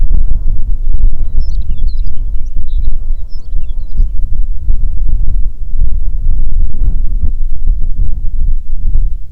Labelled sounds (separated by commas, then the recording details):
songbird, wind
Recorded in the Prudhoe Bay oil fields, Alaska, on 6 June 2019 at 04:20
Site 16